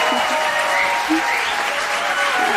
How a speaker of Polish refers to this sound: Witamy wszystkich naszych wspaniałych słuchaczy i słuchaczki, którzy są z nami w studiu imienia Agnieszki Osieckiej. Poproszę o klaski dla was.